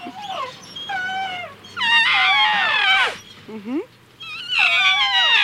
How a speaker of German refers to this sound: Ach, hört ihr das an? Der Elefant, der flötet auch. Oh, ja süß, der kleine Elefant, der schreit sicher nach seiner Mutter.